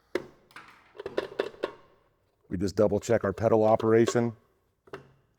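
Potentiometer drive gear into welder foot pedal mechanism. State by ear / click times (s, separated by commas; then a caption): seated / 0.2 s. Inside an Everlast welder foot pedal, the potentiometer drive gear is pushed in just enough to get its top over, then lined up with its hole, and it clicks back in at 0.2 s. A few more light taps and clicks follow as the pedal is worked, then someone talks, and two faint clicks come near the end.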